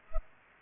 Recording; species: mosquito wingbeat signal from an infrared sensor; Culex pipiens